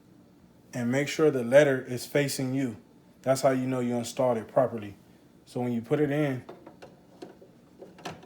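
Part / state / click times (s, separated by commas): ink cartridge into inkjet printer carriage / not seated / none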